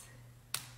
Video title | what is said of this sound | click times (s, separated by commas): TIKTOK TAMPON CHALLENGE COMPILATION | Pull it till it clicks. | 0.5 s